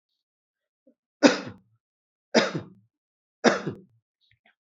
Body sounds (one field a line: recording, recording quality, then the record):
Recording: shallow voluntary cough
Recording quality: excellent, no background noise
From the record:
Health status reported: exposed to COVID-19, no respiratory illness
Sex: male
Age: 25 years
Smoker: no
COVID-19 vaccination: both doses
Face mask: worn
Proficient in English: yes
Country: India